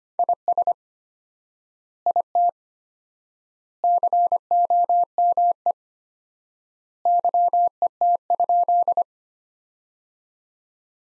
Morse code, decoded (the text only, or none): IS IT COME YET?